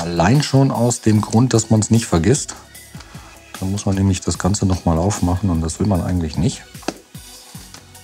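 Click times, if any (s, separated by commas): none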